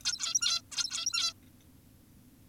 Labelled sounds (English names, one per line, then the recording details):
Zebra Finch
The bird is an adult
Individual g17y2U